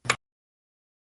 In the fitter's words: rotate the tensioner until the pin mates with its alignment hole you'll hear it click